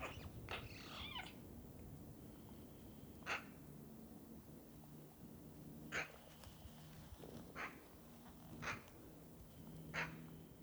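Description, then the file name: Eurasian magpie giving single harsh, rasping calls at irregular intervals of one to three seconds, with some mixed squeaky notes at the start over a steady low rumble. "Pica pica"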